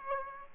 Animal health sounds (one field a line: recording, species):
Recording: mosquito wingbeat signal from an infrared sensor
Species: Aedes aegypti